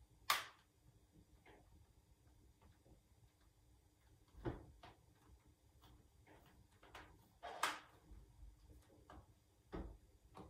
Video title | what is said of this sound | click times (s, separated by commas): Unboxing tech21 evoclear case for the M1 MacBook Air | okay so with the font you can kind of hear a clicking motion when you're putting it on there that's how you know when you're getting it right and voila | 0.3 s, 7.6 s